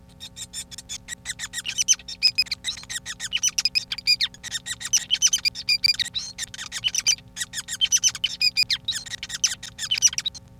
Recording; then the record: song of a male Bengalese finch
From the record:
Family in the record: son of father 5